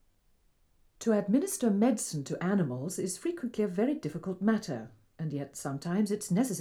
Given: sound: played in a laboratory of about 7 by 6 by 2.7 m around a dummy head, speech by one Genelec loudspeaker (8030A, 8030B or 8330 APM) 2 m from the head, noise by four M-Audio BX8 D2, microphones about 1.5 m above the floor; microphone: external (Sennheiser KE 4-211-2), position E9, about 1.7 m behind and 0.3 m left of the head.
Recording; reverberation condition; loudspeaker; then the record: female speech in English; low; 150 degrees to the left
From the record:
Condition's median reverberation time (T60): about 310 ms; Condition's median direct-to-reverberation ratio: about 3.5 dB